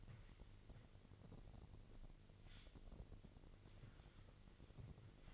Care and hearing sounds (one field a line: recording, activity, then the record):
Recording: daily activity, microphone in the room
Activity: wipe stove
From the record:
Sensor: 4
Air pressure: 1002.4 hPa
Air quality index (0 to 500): 216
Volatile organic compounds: 12 ppm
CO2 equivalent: 2330 ppm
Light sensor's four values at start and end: 19/67/24/24 and 19/67/24/24